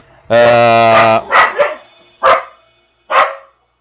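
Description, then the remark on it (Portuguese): A dog lets out a long, high, drawn-out yelping howl, then follows with four short, sharp barks spaced unevenly over a few seconds, loud and clear with no talking. “Hoje os cachorros estão gritando.”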